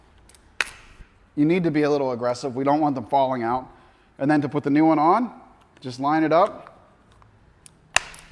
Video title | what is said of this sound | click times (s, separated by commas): Robo Lifter 101 and Repair Discussion | are meant to be taken apart so just grab it you pop it off you | 0.6 s